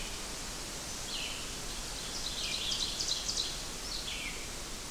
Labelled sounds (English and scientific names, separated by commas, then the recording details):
Ovenbird (Seiurus aurocapilla) song
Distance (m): 50 m
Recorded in boreal forest in Alberta, Canada, on 14 June 2016 at 07:58
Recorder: SongMeter 3, array SBT-3-33
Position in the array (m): 160 m, 187 m
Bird 46